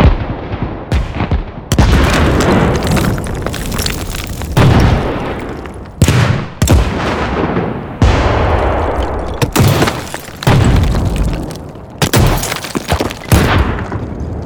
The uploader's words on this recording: Explosion Sound Effects. Bomb and mortar sounds. Created with a vast amount of field recording.